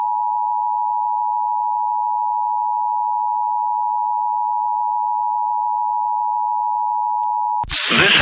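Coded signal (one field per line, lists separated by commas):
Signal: Emergency Alert System (SAME) tones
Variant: 853 and 960 Hz attention tone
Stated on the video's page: Required monthly tests from NWS Spokane, relayed from NOAA Weather Radio transmitters by an FM station; audio recorded from the station's online live stream.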